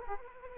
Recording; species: mosquito wingbeat signal from an infrared sensor; Culex quinquefasciatus